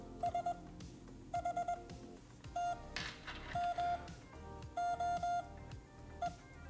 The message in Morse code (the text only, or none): S H T M O E